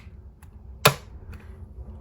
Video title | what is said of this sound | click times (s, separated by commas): Brother PTD610BT - Unboxing, what's included, initial setup, language, screen brightness & more. | And then we're going to wait till we hear a nice click. Now listen for this. | 0.9 s